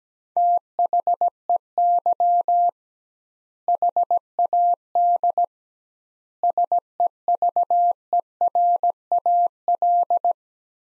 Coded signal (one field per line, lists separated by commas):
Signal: Morse code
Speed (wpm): 17 wpm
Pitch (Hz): 700 Hz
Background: none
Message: THEY HAD SEVERAL